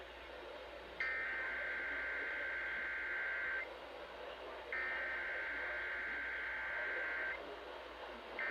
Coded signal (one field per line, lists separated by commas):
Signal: Emergency Alert System (SAME) tones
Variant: header bursts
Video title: Usual Weeklies (11/23/22) (EAS #474 - 478)